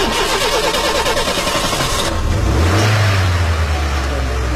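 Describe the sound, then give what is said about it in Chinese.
During a driving lesson, after the key is inserted into the ignition, a learner driver's voice mimics a car engine starting up: a loud, rough, sputtering burst for about two seconds, then a low droning rev that climbs in pitch and holds steady. “你这个动作呀要完成啊，不要模拟配音好不好？”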